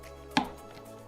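A clipped plastic cover on the headlight housing of a Kirby Classic III vacuum is wiggled and pulled. Its clips let go with one sharp snap at 0.4 s, and the cover comes off.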